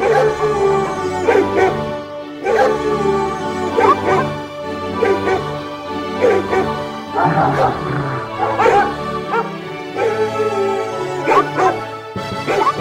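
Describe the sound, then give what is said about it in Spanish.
Dogs bark in repeated bursts roughly every second or so, mixed with yips and whimpering, over a steady humming tonal background that carries through the whole stretch. “a los perros de esta radio que cada vez que terminamos La Bruja de las Palabras nos acompañan”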